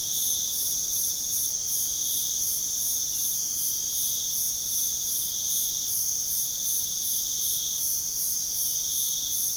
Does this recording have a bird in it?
no